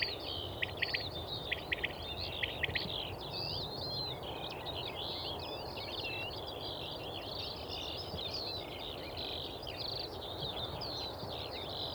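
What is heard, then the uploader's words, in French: Dawn chorus over hay meadows, dominated by a continuous, dense warbling of skylarks high in pitch, with short repeated chirps early on near the first three seconds. A steady low rush of wind through surrounding forest fills the background throughout. Caille et alouettes. Lever du jour - Lesches en Diois - 4h30 - Mixpr3 - Mkh8020 omni - Stéréo. Dawn-chorus ou aube aux oiseaux dans les prairies de fauche du plateau de Lesches en diois.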